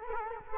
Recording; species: mosquito wingbeat signal from an infrared sensor; Culex quinquefasciatus